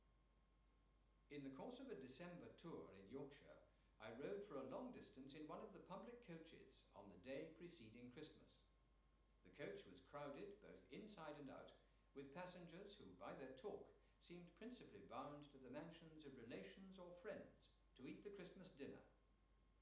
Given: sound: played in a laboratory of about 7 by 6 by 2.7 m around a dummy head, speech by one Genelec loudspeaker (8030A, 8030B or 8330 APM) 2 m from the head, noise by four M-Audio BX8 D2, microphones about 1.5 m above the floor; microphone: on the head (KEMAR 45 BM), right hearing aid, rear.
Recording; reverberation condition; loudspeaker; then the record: male speech in English; medium; 150 degrees to the right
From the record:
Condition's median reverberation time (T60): about 510 ms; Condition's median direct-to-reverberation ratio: about -0.5 dB